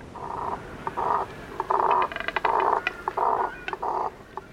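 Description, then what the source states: Double-crested cormorant calls: low guttural grunting croaks in short irregular bursts, some longer and some clipped, with a few faint clicks between them. Deep, guttural sounds from a nesting colony.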